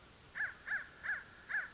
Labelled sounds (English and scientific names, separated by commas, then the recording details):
American Crow (Corvus brachyrhynchos)
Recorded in Sonoma County, California